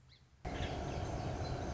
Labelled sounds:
Song Sparrow
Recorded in Sonoma County, California

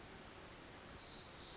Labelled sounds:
Pacific Wren
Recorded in Sonoma County, California

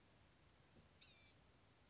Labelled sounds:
Blue-gray Gnatcatcher
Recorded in Sonoma County, California

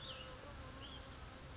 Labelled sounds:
Cassin's Vireo
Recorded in Sonoma County, California

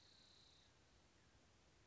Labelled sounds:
Spotted Towhee
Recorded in Sonoma County, California

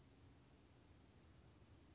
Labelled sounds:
Western Flycatcher
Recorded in Sonoma County, California

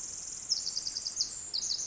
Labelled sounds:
Pacific Wren
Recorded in Sonoma County, California

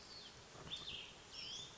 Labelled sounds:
Cassin's Vireo
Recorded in Sonoma County, California

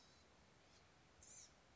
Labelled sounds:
Blue-gray Gnatcatcher
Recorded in Sonoma County, California

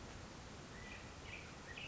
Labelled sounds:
California Quail
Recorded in Sonoma County, California

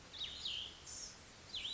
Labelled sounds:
Cassin's Vireo
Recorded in Sonoma County, California

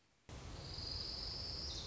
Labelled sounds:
Orange-crowned Warbler
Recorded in Sonoma County, California

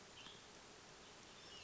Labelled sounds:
Western Tanager
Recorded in Sonoma County, California

